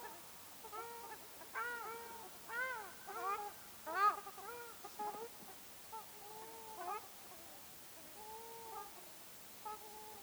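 Ruddy shelduck giving scattered nasal honks, a busy cluster in the first half, then a few drawn-out, flatter calls spaced apart.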